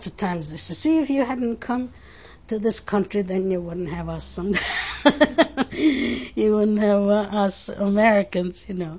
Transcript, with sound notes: Lot of times they say see, if you hadn't come to this country then you wouldn't have us. ( she laughs ) You would have us Americans, you know.